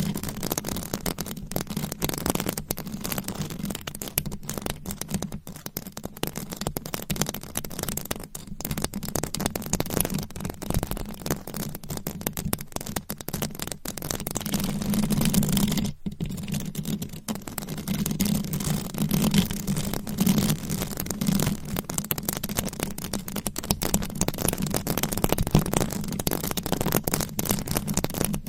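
Fast, aggressive scratching on a microphone cover, dense rasping strokes with a steady low hum beneath, briefly dropping out near sixteen seconds.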